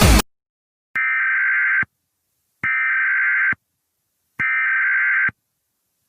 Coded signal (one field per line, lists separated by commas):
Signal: Emergency Alert System (SAME) tones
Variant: header bursts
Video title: EAS Scenario #46 Burning Moon